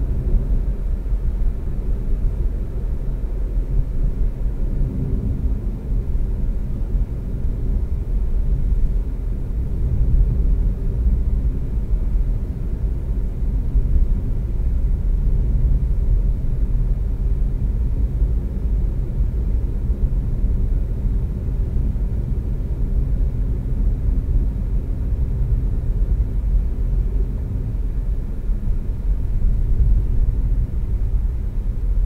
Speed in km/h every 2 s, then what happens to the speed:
55, 53, 48, 45, 44, 44, 44, 42, 42, 44, 44, 42, 39, 35, 31, 26.
0-7 slows to 44. 7-21 steady at about 44. 21-32 slows to 26.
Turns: none.